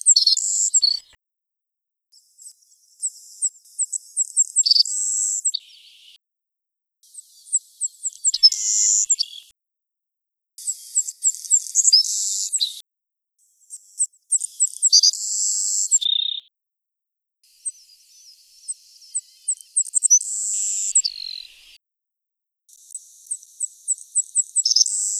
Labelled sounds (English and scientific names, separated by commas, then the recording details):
Savannah Sparrow (Passerculus sandwichensis) song
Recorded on Kent Island, New Brunswick, in 2011